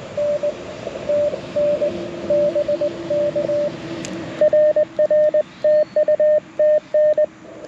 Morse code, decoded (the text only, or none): N TN BK RR TU TN